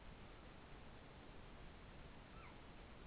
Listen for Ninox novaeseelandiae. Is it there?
yes